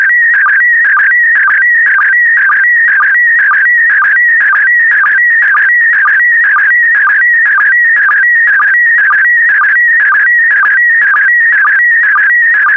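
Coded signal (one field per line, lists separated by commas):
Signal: SSTV (slow-scan television)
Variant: PD120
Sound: warbling, buzzy tone shifting in pitch with rhythmic chirps about twice a second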